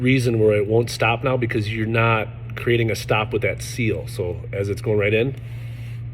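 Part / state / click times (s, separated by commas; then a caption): crimped wire terminal into connector housing cavity / not seated / none. A crimped wire terminal without its seal is being slid into a cavity of a Delphi GT series connector housing while someone talks over a steady low hum. Nothing has seated or clicked yet.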